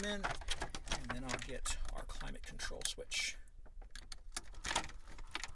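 A new plastic AC/heater control assembly is handled at the dash bezel of a 1995–2002 GM Chevrolet/GMC truck while someone talks. Scattered sharp plastic taps and knocks come near the end. The part has not seated and nothing has clicked into place yet.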